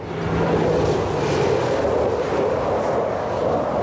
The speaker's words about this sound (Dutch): De straaljagers op weg naar Gaza kun je goed horen als je door Sderot loopt.